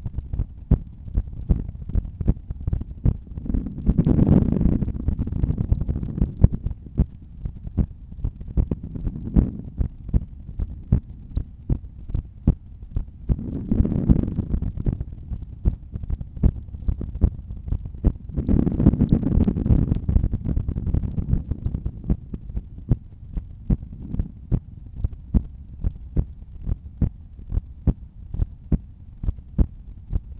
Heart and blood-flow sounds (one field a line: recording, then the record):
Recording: heart sounds by stethoscope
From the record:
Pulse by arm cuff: 74 bpm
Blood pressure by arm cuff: 141/92 mmHg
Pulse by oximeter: 72 bpm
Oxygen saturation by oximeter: 97%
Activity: during smoking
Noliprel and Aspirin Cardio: after pills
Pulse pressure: 49 mmHg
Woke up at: 6:55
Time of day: 22:45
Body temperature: 36.9 C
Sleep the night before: 7 h 39 min, score 71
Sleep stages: REM 24%, light 64%, deep 5%, awake 7%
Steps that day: 12000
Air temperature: 19.3 C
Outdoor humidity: 82%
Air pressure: 1008 hPa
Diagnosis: hypertension, treated with Noliprel and Aspirin Cardio 100 mg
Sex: male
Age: 53 years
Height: 174 cm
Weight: 81 kg